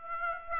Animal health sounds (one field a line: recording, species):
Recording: mosquito wingbeat signal from an infrared sensor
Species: Aedes aegypti